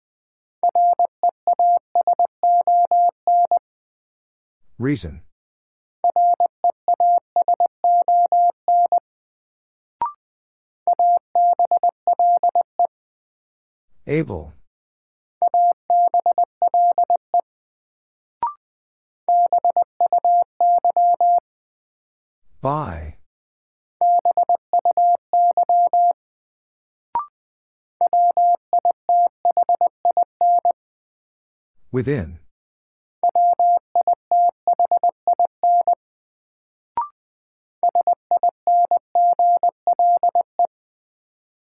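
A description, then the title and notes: A word sent in Morse code as a steady mid-pitched beeping, in bursts of short and long tones separated by pauses, with occasional sharp swishes. First, the word is sent in Morse code. Then it is spoken. 20wpm.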